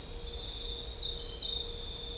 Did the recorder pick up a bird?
no